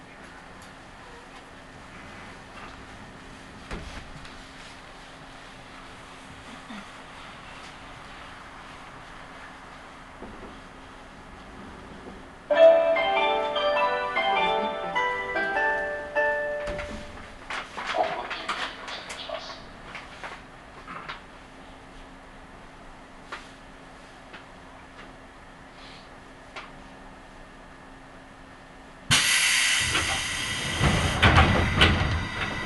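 Seibu Railway train ride with a steady low hum, a burst of chiming tones around twelve seconds, clatter, then loud hissing rush near the end.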